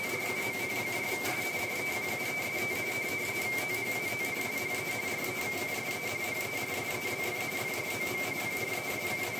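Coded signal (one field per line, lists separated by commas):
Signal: RTTY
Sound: rapid warbling between two close high tones, continuous, over steady background hiss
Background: radio static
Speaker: so this is the um audio streaming channels for the teletype signals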